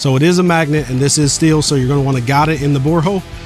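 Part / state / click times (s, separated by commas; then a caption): magnetic clamping bolt into a welding fixture bore hole / not seated / none. A Siegmund aluminum magnetic clamping bolt with an O-ring is guided by hand toward a steel bore hole on a System 28 welding table accessory. Someone talks over background music throughout. The clip ends before the bolt goes home, so nothing has seated or clicked yet.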